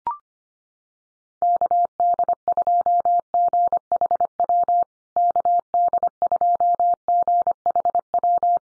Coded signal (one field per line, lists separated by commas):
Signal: Morse code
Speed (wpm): 25 wpm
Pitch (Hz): 700 Hz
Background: none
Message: KD2GHW KD2GHW